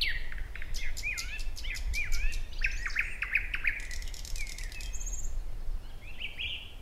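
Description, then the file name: Thrush nightingale song: rapid dry clicking rattles mixed with short whistled and chuckling phrases around mid pitch, delivered in a continuous varied stream over a low rumbling background. "Naktergal"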